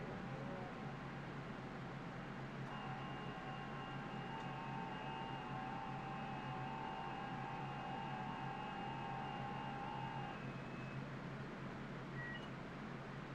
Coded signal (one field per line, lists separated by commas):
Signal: FT8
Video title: FT8 and Some HF Action Live 05/17/2025 #hamradio